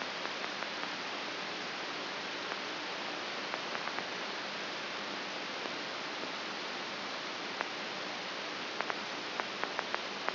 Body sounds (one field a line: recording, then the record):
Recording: brain microelectrode recording played as sound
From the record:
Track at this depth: outside the subthalamic nucleus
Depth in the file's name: 6.215 mm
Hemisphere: left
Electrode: 3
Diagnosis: Parkinson's disease